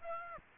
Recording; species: mosquito wingbeat signal from an infrared sensor; Aedes aegypti